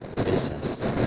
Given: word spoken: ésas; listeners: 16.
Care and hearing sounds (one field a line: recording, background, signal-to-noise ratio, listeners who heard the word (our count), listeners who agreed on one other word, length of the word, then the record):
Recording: one Spanish word in noise, from a listening test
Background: noise modulated by three-talker babble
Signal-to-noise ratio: -6.9 dB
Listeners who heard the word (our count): 0 of 16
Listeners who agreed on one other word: 9 of 16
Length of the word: 0.67 s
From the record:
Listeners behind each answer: 9, 2, 1, 1, 1, 1, 1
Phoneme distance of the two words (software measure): 7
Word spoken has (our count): 2 syllables, 4 phonemes, stress on syllable 1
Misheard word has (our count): 2 syllables, 5 phonemes, stress on syllable 1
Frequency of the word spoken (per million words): 6.50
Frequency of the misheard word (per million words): 3.08